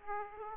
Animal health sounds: mosquito wingbeat signal from an infrared sensor; Aedes aegypti

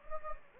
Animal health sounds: mosquito wingbeat signal from an infrared sensor; Anopheles gambiae

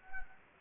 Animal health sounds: mosquito wingbeat signal from an infrared sensor; Anopheles gambiae

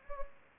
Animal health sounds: mosquito wingbeat signal from an infrared sensor; Anopheles gambiae

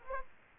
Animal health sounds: mosquito wingbeat signal from an infrared sensor; Aedes aegypti

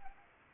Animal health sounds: mosquito wingbeat signal from an infrared sensor; Anopheles arabiensis

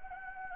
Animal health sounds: mosquito wingbeat signal from an infrared sensor; Anopheles gambiae

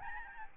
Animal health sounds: mosquito wingbeat signal from an infrared sensor; Aedes albopictus

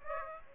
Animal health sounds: mosquito wingbeat signal from an infrared sensor; Aedes aegypti

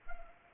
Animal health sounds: mosquito wingbeat signal from an infrared sensor; Culex pipiens

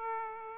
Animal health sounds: mosquito wingbeat signal from an infrared sensor; Aedes aegypti

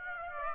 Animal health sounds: mosquito wingbeat signal from an infrared sensor; Aedes aegypti

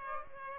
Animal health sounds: mosquito wingbeat signal from an infrared sensor; Aedes aegypti

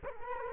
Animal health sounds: mosquito wingbeat signal from an infrared sensor; Culex quinquefasciatus

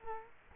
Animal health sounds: mosquito wingbeat signal from an infrared sensor; Culex quinquefasciatus

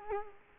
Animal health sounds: mosquito wingbeat signal from an infrared sensor; Culex quinquefasciatus

